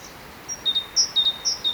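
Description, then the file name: Great tit song, short run of paired high and lower whistled notes, quick and rhythmic. "Parus major"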